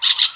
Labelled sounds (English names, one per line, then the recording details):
Brown-throated Parakeet contact call
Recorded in Venezuela
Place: Guárico; Corozopando; Fundo La Fe
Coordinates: 8.506, -67.593